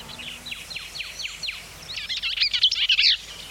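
Bell's vireo song: a series of quick slurred notes, then a louder, jumbled, scratchy warble, with faint low background hum.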